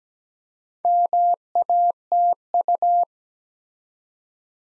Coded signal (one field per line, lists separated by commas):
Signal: Morse code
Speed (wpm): 17 wpm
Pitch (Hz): 700 Hz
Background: none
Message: MATU